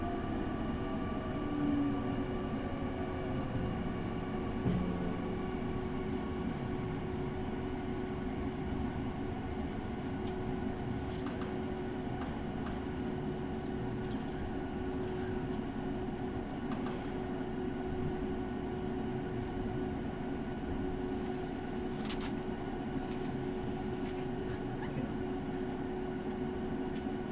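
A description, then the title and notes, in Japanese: A railway journey: a steady, dense rumble of the moving train holds an even level throughout, with a constant low hum and a few higher whining tones running over it. Faint clicks and knocks surface now and then, around the middle and later parts. 耳で楽しむ鉄道旅 日豊本線特急ソニック6号 柳ヶ浦→小倉。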